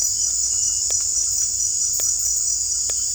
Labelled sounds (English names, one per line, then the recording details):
none
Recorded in secondary vegetation near Puerto Asís, Putumayo, Colombia, on 16 December 2024 at 18:30
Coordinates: 0.481, -76.318
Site G042